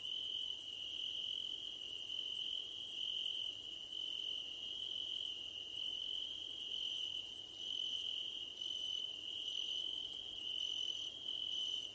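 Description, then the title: Crickets chirping in a steady chorus: a continuous high trill underneath, with a higher pulsed trill in bursts of roughly a second separated by brief gaps. Crickets calling at night under a starlit sky. "Nighttime Ambience with Crickets 🌃"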